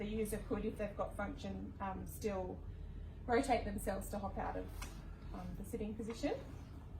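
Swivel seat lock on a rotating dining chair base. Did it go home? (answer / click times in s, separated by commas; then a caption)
no / none. The swivel seat of a mobility dining chair is handled on its rotating base while someone talks throughout, with the seat still unlocked and free to turn. The seat has not yet reached its 90-degree position facing the table, and the swivel lock has not clicked or engaged.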